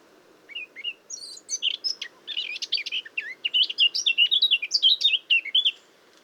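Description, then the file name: Eurasian blackcap song: subdued scratchy twitter rising into a loud sequence of rich, clear whistled notes. "Sylvia atricapilla"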